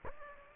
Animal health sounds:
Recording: mosquito wingbeat signal from an infrared sensor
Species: Aedes aegypti

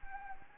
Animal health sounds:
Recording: mosquito wingbeat signal from an infrared sensor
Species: Anopheles arabiensis

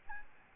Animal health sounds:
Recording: mosquito wingbeat signal from an infrared sensor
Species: Aedes albopictus

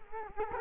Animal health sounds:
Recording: mosquito wingbeat signal from an infrared sensor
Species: Culex quinquefasciatus

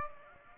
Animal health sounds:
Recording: mosquito wingbeat signal from an infrared sensor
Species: Aedes aegypti

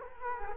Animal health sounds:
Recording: mosquito wingbeat signal from an infrared sensor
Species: Culex quinquefasciatus

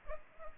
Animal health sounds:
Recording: mosquito wingbeat signal from an infrared sensor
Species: Culex pipiens

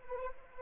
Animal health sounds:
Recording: mosquito wingbeat signal from an infrared sensor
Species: Anopheles arabiensis

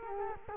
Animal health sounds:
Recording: mosquito wingbeat signal from an infrared sensor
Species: Culex quinquefasciatus

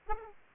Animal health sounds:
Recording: mosquito wingbeat signal from an infrared sensor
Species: Aedes aegypti

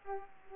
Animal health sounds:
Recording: mosquito wingbeat signal from an infrared sensor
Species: Aedes aegypti

